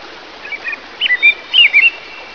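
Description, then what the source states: Bird chirps: short, bright, slurred notes in small groups of two or three, rising and falling, over steady background noise. Described as ritual calling.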